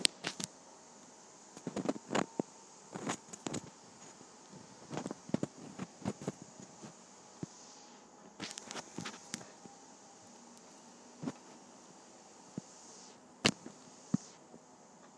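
Pages of a paper pad flip in quick bursts of crisp rustles, loudest near eight and fourteen seconds, over a steady high hiss.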